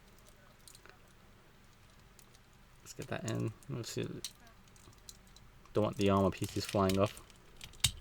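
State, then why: Seated. A plastic leg or armor piece is plugged into an Iron Man Mk50 S.H.Figuarts action figure (Nano Weapon Set 2, 2019) while someone talks, with small plastic ticks and handling clicks along the way. A sharp click at 7.9 s marks the leg piece clicking into place, and it is seated.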